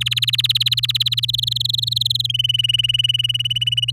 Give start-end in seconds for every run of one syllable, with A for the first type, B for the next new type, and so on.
0.01-1.25 A, 1.28-2.27 B, 2.29-3.91 C